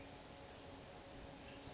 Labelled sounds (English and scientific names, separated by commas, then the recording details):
California Towhee (Melozone crissalis)
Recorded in Sonoma County, California